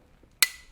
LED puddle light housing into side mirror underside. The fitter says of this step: Got the click. There it is. You heard it.